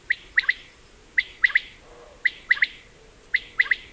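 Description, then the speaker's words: Common quail song: a sharp three-note phrase, liquid and clipped, repeated about once a second, four times. Male song, a call to females; migrant wintering south of the Sahara, arriving in Europe in spring; nests several times along the journey, breeding up to three times a season. "es el canto de la codorniz"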